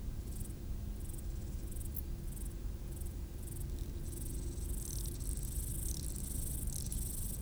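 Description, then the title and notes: Grasshoppers rasping in regular short bursts, then a longer continuous buzzing stretch, over a low steady rumble. Grasshoppers stridulating on a roadside bank beside the road to the Mont du Chat television relay, 1500 m altitude, Le Bourget-du-Lac, France; distant valley noise in background. "D42, 73370 Le Bourget-du-Lac, France - insectes du talus. Route du relais télévision du Mont du Chat à 1500m d'altitude les stridulations des criquets sur le talus et les bruits lointains de la vallée en arrière plan"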